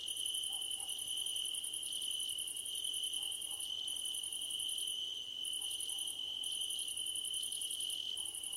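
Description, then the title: Crickets give a continuous high whine and pulsed trills in bursts; faint soft lower chirps appear now and then in the background. Crickets at night under a starlit sky. "Nighttime Ambience with Crickets"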